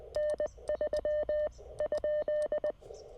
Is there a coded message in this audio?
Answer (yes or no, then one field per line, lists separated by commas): yes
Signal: Morse code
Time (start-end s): 0.2-2.7 s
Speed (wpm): 20 wpm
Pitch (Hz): 600 Hz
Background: none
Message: N3 ?